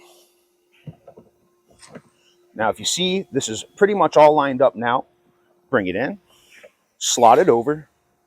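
A folding kayak's plastic hull panel edge is lined up and brought toward its slot closure while someone talks, with a few faint handling taps early on. Nothing has seated or clicked yet; the panel is not yet home when the clip ends.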